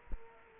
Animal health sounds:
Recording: mosquito wingbeat signal from an infrared sensor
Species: Culex quinquefasciatus

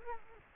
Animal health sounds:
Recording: mosquito wingbeat signal from an infrared sensor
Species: Culex quinquefasciatus

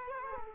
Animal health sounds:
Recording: mosquito wingbeat signal from an infrared sensor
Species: Culex quinquefasciatus

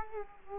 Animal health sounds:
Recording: mosquito wingbeat signal from an infrared sensor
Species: Culex quinquefasciatus

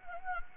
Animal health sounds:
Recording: mosquito wingbeat signal from an infrared sensor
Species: Anopheles gambiae

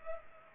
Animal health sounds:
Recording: mosquito wingbeat signal from an infrared sensor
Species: Culex pipiens

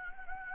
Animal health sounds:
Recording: mosquito wingbeat signal from an infrared sensor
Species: Anopheles gambiae

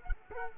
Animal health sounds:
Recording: mosquito wingbeat signal from an infrared sensor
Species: Culex quinquefasciatus

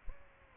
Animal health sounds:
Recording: mosquito wingbeat signal from an infrared sensor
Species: Aedes aegypti

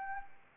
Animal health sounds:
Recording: mosquito wingbeat signal from an infrared sensor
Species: Anopheles arabiensis

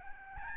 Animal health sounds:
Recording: mosquito wingbeat signal from an infrared sensor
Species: Aedes albopictus

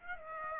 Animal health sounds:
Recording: mosquito wingbeat signal from an infrared sensor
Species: Aedes aegypti

